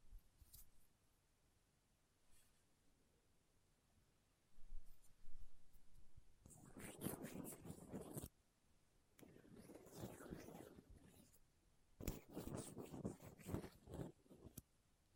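A dental pick, tweezers and a cotton swab scrape and pick roughly at a microphone. The first few seconds are quiet with faint scratches, then dense bursts of rasping, crackling scraping come in three long stretches from about five seconds on, separated by brief pauses.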